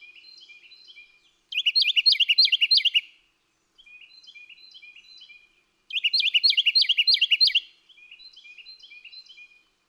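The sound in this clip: Bird song: soft, twittering phrases alternate with loud, rapid, high trilled bursts of sharp repeated notes, each bright burst lasting about a second and a half and returning about every four seconds.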